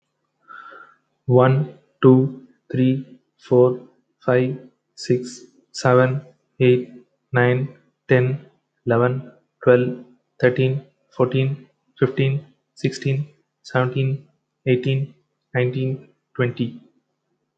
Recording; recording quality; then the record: counting at a normal pace; excellent, no background noise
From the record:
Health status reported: healthy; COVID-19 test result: negative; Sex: male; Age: 31 years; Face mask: not worn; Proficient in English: yes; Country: India